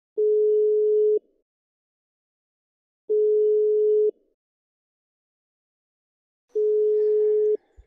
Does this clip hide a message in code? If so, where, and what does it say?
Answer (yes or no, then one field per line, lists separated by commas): no